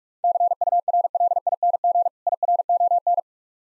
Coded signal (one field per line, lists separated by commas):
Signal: Morse code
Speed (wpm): 45 wpm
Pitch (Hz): 700 Hz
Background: none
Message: CURLING IRON